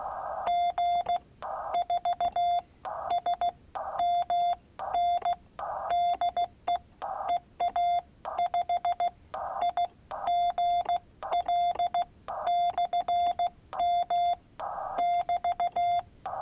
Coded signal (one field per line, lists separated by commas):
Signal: Morse code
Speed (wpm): 16 wpm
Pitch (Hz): 700 Hz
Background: none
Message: G4SMN DE EA5IGL/M <BT>